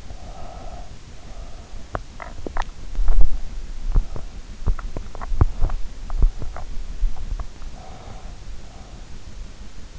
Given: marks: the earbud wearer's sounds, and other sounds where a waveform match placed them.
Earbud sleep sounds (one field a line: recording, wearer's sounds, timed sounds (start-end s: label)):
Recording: sounds in sleep by an in-ear microphone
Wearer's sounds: breath, teeth grinding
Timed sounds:
0.00-1.72 s: breath
1.75-6.84 s: teeth grinding
7.48-8.52 s: breath